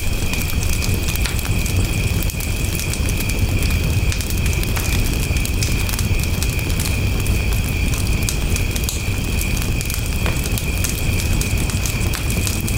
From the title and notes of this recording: Relaxing By the Campfire at Night. A crackling campfire and crickets. The gentle crackling, popping, and hissing sounds of the wood burning. This episode features only natural soundscapes with no dialogue or voice.